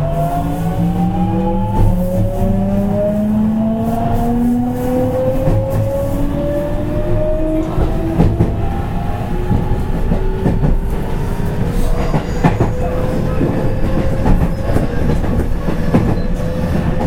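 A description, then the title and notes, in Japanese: A commuter electric train runs along the track, its motor whine climbing steadily in pitch as it gathers speed. Deep rumble and dense rattling fill the whole stretch, with sharp clicks and clacks from the rails every second or two, heard from inside. JR207系 放出から尼崎まで。JR西日本 207系電車の走行音です。学研都市線からJR東西線へ直通する区間快速列車にて収録しました。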